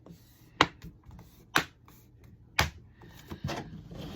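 A plastic laptop back cover is pressed onto the laptop body, working around its edge to push the clips home. Three loud, sharp snaps ring out at 0.6, 1.6 and 2.6 seconds, with a few faint taps and rustles between them. The clips click in and the cover seats, which shows it is being fitted correctly.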